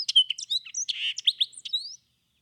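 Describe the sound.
Hooded oriole song: a hurried jumble of chattering notes, whistles and buzzy slurs, ending with a rising whistle, lasting about two seconds.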